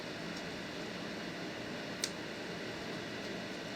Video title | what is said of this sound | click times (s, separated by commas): Ferments To Hot Sauce - Making of the New - Pop's "Vodka Honey & Garlic' Hot Sauce | It snap into place. | 2.0 s